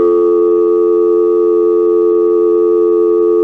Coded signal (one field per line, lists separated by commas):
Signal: telephone call progress tone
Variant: North America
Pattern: dial tone